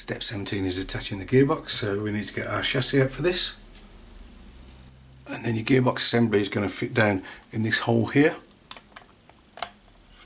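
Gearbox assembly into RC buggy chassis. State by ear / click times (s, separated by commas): seated / 9.6 s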